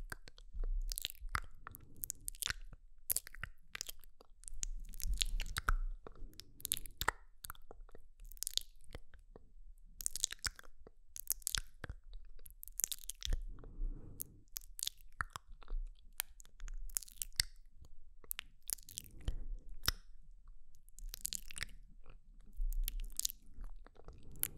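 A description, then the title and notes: Wet mouth sounds fill the clip: quick clicks, smacks and crunchy chewing-like bursts arriving every second or so, often in short clusters. Softer breathy murmurs rise between them, especially around 5 and 14 seconds, over a low steady hum. MOUTH SOUNDS + HYPNOTIC HANDS ASMR.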